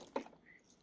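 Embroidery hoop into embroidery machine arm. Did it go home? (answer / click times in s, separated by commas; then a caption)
yes / 0.2 s. An embroidery hoop (frame) is slid under the needle of a sewing/embroidery machine and snapped onto the machine's arm. A sharp click lands at 0.2 s, with faint ticks at 0.1 s and 0.7 s. The hoop is seated in place.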